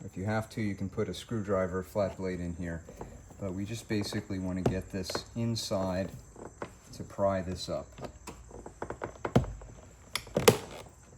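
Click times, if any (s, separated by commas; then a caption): 10.5 s. Someone talks while a plastic trim removal tool pries up the window switch trim panel on the door of a 2014 Honda CR-V, with a few sharp snaps from about 9.0 to 10.4 seconds. The first retaining clip pops loose with a loud click at 10.5 seconds, releasing that edge of the panel.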